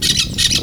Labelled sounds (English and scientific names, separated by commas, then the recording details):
Brown-throated Parakeet (Eupsittula pertinax) contact call
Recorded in Venezuela
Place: Guárico; Corozopando; Fundo La Fe
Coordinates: 8.506, -67.593